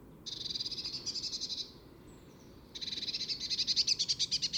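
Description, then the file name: Eurasian blue tit churring in two long, rapid buzzy rattles separated by a brief pause, the second rattle growing louder. "Cyanistes caeruleus"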